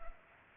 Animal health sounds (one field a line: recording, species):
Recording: mosquito wingbeat signal from an infrared sensor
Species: Culex pipiens